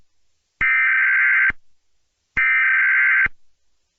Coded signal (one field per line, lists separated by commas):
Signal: Emergency Alert System (SAME) tones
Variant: header bursts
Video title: EAS Scenario - Inanimate Awakening -